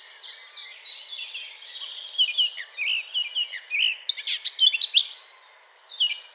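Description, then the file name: Eurasian blackcap singing a warble of scratchy phrases and short whistles, broken by small gaps, over a soft constant hiss. "Sylvia atricapilla"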